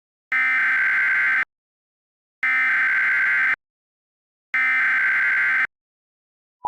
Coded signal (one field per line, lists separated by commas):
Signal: Emergency Alert System (SAME) tones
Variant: header bursts